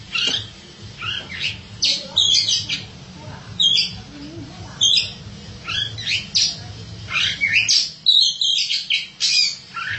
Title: Suara Kicauan Burung Kacer